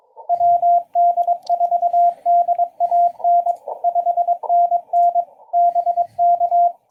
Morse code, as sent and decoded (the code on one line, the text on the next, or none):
.-- -.. ....- -.. .- -. / ..... -. -. / -... -.-
WD4DAN 5NN BK